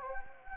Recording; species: mosquito wingbeat signal from an infrared sensor; Anopheles gambiae